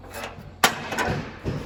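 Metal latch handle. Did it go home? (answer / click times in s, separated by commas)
released / 0.6 s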